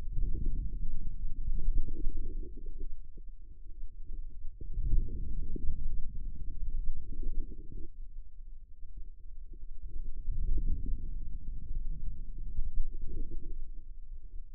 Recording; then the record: forearm muscle sounds (acoustic myography)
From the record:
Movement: ulnar deviation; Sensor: system 2, bracelet of six BSWA MPA416 microphones around the upper forearm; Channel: 5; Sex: female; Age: 25 years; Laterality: right